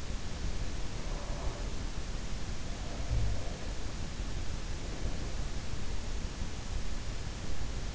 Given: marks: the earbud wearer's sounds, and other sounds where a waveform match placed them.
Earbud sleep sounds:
sounds in sleep by an in-ear microphone; breath
0.93-1.80 s: breath
2.93-3.94 s: breath
4.55-5.49 s: breath

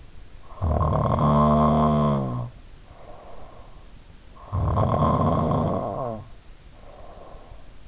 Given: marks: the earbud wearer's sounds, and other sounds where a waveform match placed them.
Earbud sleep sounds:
sounds in sleep by an in-ear microphone; snoring breath
0.68-7.88 s: snoring breath

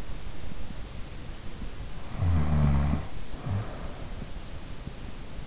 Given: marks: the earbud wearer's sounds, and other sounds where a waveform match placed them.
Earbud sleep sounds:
sounds in sleep by an in-ear microphone; snoring breath
2.08-4.18 s: snoring breath

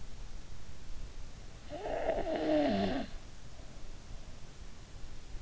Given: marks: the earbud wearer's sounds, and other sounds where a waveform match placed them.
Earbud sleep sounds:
sounds in sleep by an in-ear microphone; breath
1.68-3.07 s: breath

